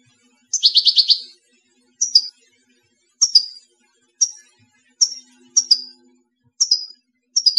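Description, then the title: European goldfinch: a rattled burst of chips, then high falling whistled notes repeated about every second, with a faint low hum. "Chant Chardonneret"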